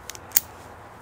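A metal cobra-style quick buckle on the padded waist part of a tool belt is fastened. Two small clicks at about 0.1 and 0.2 seconds are followed by a loud, sharp snap at 0.4 seconds as the buckle closes and seats. No one talks.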